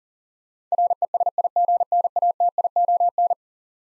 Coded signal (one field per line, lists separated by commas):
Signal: Morse code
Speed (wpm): 40 wpm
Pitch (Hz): 700 Hz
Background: none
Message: RESIGNATION